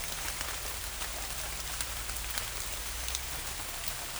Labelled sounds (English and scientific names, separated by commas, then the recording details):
none
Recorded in forest near Pivijay, Magdalena, Colombia, on 1 June 2023 at 16:00
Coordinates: 10.467, -74.380
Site Z5-G034